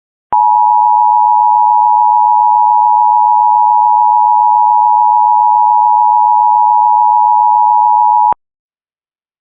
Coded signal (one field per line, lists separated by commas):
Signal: Emergency Alert System (SAME) tones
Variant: 853 and 960 Hz attention tone